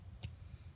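A T15 driver, its tip oiled to avoid scratching the pin, is pushed into the rear retaining (safety) pin of a Sig Sauer M17 pistol slide until it locks, pressed in and given a half turn. A short, sharp click at 0.2 s rises over a low, steady hum as the pin pops out, releasing it from the slide.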